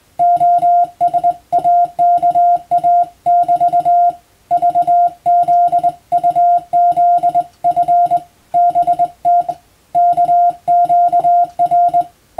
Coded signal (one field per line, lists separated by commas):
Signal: Morse code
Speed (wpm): 20 wpm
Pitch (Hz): 700 Hz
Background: music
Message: OSAKA <BT> VZUZF BT KQR